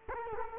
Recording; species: mosquito wingbeat signal from an infrared sensor; Culex quinquefasciatus